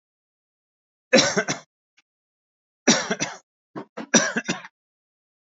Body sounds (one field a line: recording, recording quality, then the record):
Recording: heavy voluntary cough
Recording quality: excellent, no background noise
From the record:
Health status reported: healthy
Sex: male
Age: 57 years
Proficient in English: yes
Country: India